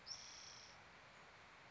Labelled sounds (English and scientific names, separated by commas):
Spotted Towhee (Pipilo maculatus)